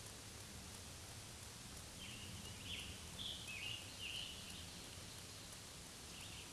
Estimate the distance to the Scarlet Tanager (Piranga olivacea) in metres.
about 65 m